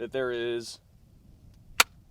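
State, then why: Seated. Someone talks briefly as a Canik TP9 Elite SC pistol is inserted into a plastic inside-the-waistband holster, followed by near silence with a faint tick around 1.5 s. At 1.8 s a sharp, loud click sounds as the trigger guard pushes past an indentation in the plastic and snaps into the retention groove. The pistol is seated and locked in the holster's retention, showing it is properly constructed with lockup on the trigger guard.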